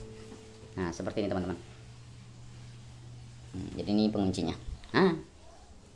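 Someone talks while handling the locking joint of a foldable phone holder, with a low steady hum underneath. Nothing has seated or clicked yet; the clip ends before the part goes home.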